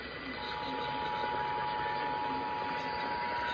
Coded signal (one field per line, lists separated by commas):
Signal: Emergency Alert System (SAME) tones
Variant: 853 and 960 Hz attention tone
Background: speech